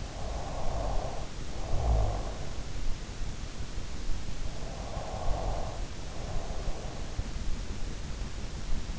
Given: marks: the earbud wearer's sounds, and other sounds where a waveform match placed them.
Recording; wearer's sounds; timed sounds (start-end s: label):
sounds in sleep by an in-ear microphone; breath, snoring breath
0.00-2.38 s: breath
4.41-7.06 s: snoring breath